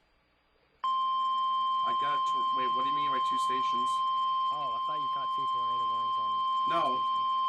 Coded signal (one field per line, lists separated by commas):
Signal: Emergency Alert System (SAME) tones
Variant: 1050 Hz attention tone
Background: speech